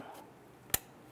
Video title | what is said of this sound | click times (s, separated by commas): How to Replace Radiator 2005-2010 Chrysler 300 | can feel it in here it lock into place | 0.7 s